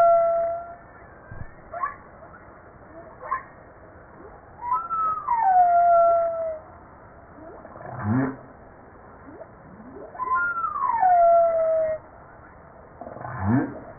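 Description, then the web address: Humpback whale song with long sliding moans that glide downward, mixed with short upsweeps and low grunting pulses, phrases returning several times. Recorded 5 March 1994. "PMahe Voile'Ocean 940305 HUMPBACK"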